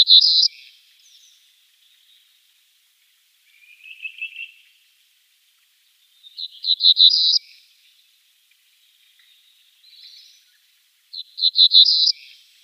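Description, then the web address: Cinereous bunting singing short phrases of quick high jangling notes, each about a second long, several seconds apart, with softer lower buzzy bits between. "Schulze Peter Cinereous Bunting song"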